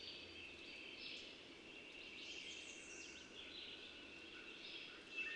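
Chorus of bird song, overlapping high warbles and whistles drifting up and down, with a short sharp note at the end, over steady hiss.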